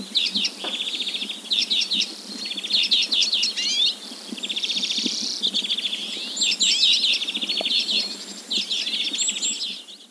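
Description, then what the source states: Arctic redpoll calls: buzzy trilled rattles and chattering twitters, sustained almost without pause, fading toward the very end. Greenland.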